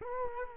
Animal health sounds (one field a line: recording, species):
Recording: mosquito wingbeat signal from an infrared sensor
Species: Culex quinquefasciatus